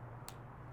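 A hand pump nozzle is pushed onto the valve of a blood flow restriction leg cuff, producing a single sharp, bright click at 0.3 s over a steady low hum. The nozzle seats on the valve.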